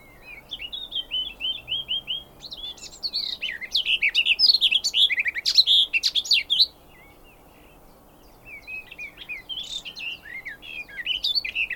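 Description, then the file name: Garden warbler song: a long rambling warbled phrase of quick varied notes, a brief silence, then another phrase begins. "kerti poszata hangja"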